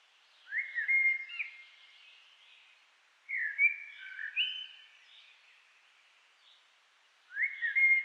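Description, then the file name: Common blackbird song: mellow fluted phrases sliding around a middle pitch, given in three bursts with pauses of about two seconds between them. "Turdus merula"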